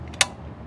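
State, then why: Seated. A metal wheel lock key for a 2022-2023 Honda Civic Sedan, which fits onto the lug wrench, is pushed onto the patterned locking lug nut on the wheel. A faint tap at 0.1 s is followed by one sharp metallic click at 0.2 s as the key seats and locks in place on the nut. The key is specific to the vehicle, so someone cannot simply buy one and steal the wheels.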